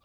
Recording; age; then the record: pig call; piglet (1 to 25 days)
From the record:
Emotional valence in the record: positive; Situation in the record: reunion after long isolation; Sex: female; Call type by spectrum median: low-frequency call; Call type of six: low-frequency tonal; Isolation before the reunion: 8 minutes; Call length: 0.04 s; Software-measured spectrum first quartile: 618 Hz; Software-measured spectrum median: 1397 Hz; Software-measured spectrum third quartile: 4962 Hz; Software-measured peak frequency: 1170 Hz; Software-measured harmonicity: 5.5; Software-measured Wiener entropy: -1.83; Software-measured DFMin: 801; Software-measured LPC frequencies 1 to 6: 627, 1188, 2732, 3694, 4707, 6465 Hz